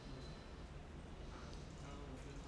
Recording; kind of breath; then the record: one breath in and out by a microphone near the nose and mouth; normal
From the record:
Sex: male